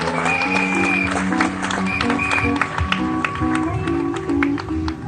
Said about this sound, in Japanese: 今日はその MMP の皆さんを一人ずつご紹介したいと思います。どうぞ温かい拍手よろしくお願いいたします。